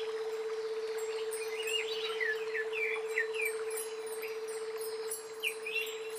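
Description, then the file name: Greater green leafbird song: rapid run of bright, slurred whistled notes, pausing briefly, then a few more phrases near the end, over a steady hum. "cucak ijo"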